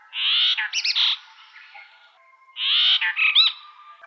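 Brahminy starling giving two harsh, raspy phrases about two seconds apart, each mixing buzzy notes with quick ringing upslurred whistles.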